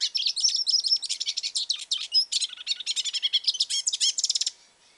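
Hooded siskin song, a continuous run of fast, high chirps and buzzy twitters that stops abruptly near the end.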